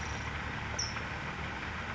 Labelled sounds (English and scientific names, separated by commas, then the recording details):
California Towhee (Melozone crissalis)
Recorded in Sonoma County, California